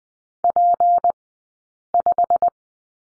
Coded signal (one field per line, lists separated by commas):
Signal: Morse code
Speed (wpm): 20 wpm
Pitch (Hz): 700 Hz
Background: none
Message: P5